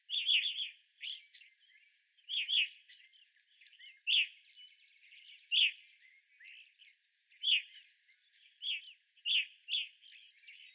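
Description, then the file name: Evening grosbeaks giving scattered loud chirps, single or paired notes every second or two, separated by quieter gaps with faint background chatter. Several evening grosbeaks, recorded 25 April 2021. "2021-04-25 Evening Grosbeaks"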